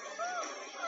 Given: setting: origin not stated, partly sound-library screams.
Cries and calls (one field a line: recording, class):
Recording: one-second piece from a danger detection set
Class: woman in danger